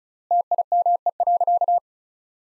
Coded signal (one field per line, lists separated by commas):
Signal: Morse code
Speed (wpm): 36 wpm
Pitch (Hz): 700 Hz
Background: none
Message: TIME.